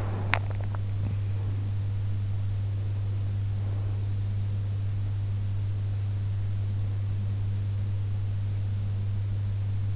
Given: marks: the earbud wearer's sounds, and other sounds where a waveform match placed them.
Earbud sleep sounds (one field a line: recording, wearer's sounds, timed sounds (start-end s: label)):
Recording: sounds in sleep by an in-ear microphone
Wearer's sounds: swallowing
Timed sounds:
0.00-1.25 s: swallowing